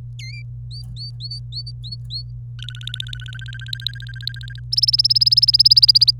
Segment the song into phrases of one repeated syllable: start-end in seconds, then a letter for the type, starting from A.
0.19-0.42 A, 0.71-2.22 B, 2.59-4.59 C, 4.72-6.11 D